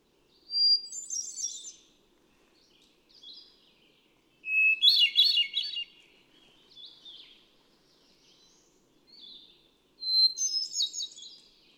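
Hermit thrush delivering ethereal whistled phrases at varied pitches, each a held note dissolving into rapid silvery trills, spaced a few seconds apart.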